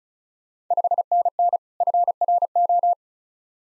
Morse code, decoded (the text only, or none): 5NN FRO